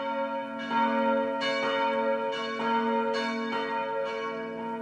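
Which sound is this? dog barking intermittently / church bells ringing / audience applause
church bells ringing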